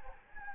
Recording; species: mosquito wingbeat signal from an infrared sensor; Anopheles gambiae